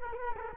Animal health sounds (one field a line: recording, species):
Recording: mosquito wingbeat signal from an infrared sensor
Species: Culex quinquefasciatus